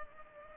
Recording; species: mosquito wingbeat signal from an infrared sensor; Culex pipiens